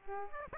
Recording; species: mosquito wingbeat signal from an infrared sensor; Aedes aegypti